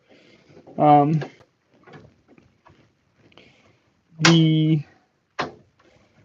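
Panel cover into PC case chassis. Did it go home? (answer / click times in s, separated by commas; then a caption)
yes / 5.4 s. Someone talks while a PC case panel cover is pressed onto the case chassis. Faint handling sounds precede a sharp click at 5.4 s as the panel snaps into place and is seated.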